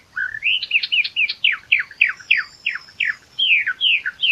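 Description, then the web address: Eastern Orphean Warbler singing a lively, steady phrase of repeated slurred, downward-sweeping chirps, about three per second, with a soft high whistle in the background. "sylvia crassirostris song. birds-of-the-ussr passeriformes sylviidae sylvia sylvia-crassirostris"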